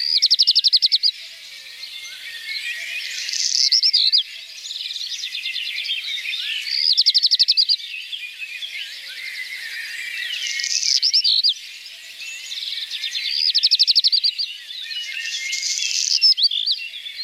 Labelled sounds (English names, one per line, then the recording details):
Black Redstart song
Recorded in the wild
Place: Wasenweiler am Kaiserstuhl, Baden-Württemberg, DE
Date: 1983-05-15
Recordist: Schwarz, Dieter